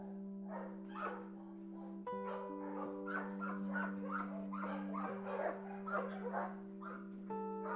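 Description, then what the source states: Dog barking, many short harsh barks throughout, with steady humming tones underneath. Recorded inside a dog boarding house.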